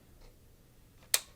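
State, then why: Seated. A camcorder's mounting plate is lined up with the channel of a tripod pan-tilt head and pushed forward into it. After a quiet stretch with faint soft sounds, a single sharp click sounds at 1.1 s, and the plate is seated and held in the head.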